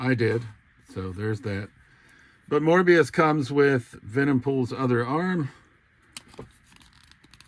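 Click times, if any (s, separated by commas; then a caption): none. A person talks while handling a plastic action figure's second build-a-figure arm, which is about to be pushed into the plastic torso's shoulder socket. After the talking, faint sharp clicks of handling are heard around 6.2 s, 7.3 s and 7.5 s. The arm has not seated or snapped in yet.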